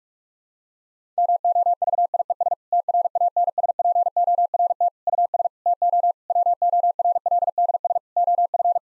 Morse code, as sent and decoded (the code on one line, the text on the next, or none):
-- --- ...- .. . ... / - .-. .- -. ... .--. --- .-. - / ..- ... / - --- / .-- --- .-. .-.. -.. ... / --- ..-.
MOVIES TRANSPORT US TO WORLDS OF